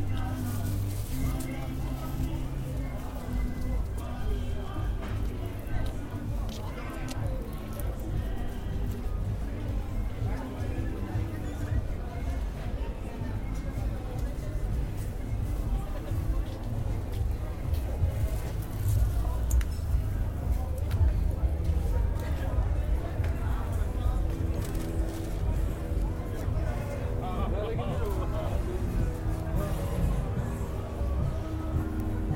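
Voices talk over a steady low rumble of a moving train or tube carriage, constant throughout, with faint clatter and murmuring.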